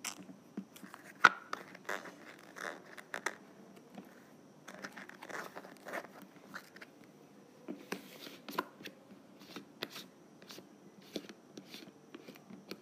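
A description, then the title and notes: A lid is unscrewed with a string of short, dry scraping and clicking sounds that come in irregular bursts throughout. A sharper click stands out near the start, and the grinding rasps bunch up again around the eight to ten second mark. ASMR Lid Unscrewing.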